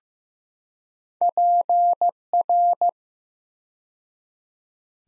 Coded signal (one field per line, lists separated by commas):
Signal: Morse code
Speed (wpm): 15 wpm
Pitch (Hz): 700 Hz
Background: none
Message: PR